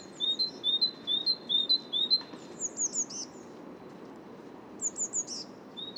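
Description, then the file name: Great tit song: a steady run of high, clear two-note phrases repeated about twice a second, then a pause before another brief burst. "Great Tit Parus major"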